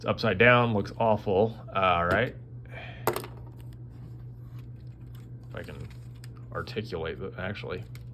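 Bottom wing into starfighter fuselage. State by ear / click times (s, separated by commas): not seated / none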